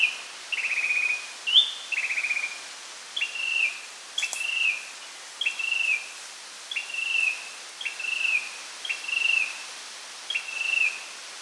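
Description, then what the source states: Philippine tailorbird, a couple of buzzy phrases giving way to a run of short arched notes repeated steadily. Subic, Philippines, 5 March 2012.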